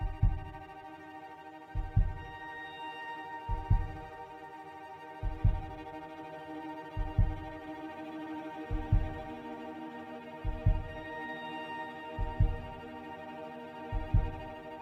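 Slow, regular double thumps, about 34 per minute, over a steady low hum, like a heartbeat.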